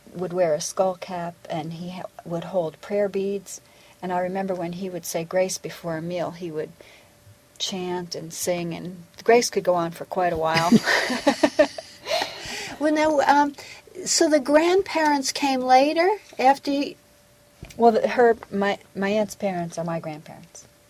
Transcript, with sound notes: would wear a skullcap and he had - would hold prayer beads and I remember when he would say grace before a meal he would chant and sing and—grace could go on for quite a while! (all laugh)
So the grandparents came later, after you—
Well, the - her - my - my aunt's parents are my grandparents.